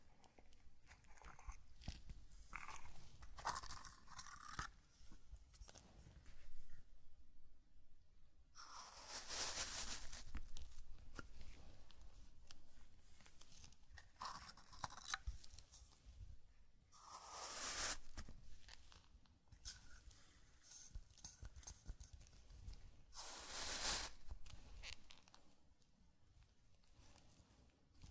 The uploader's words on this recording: Zen Garden - Sand Crinkle Brushing Tapping Cup Sounds. NO TALKING.